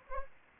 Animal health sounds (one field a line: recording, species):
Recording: mosquito wingbeat signal from an infrared sensor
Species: Anopheles arabiensis